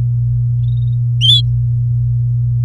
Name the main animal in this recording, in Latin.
Serinus canaria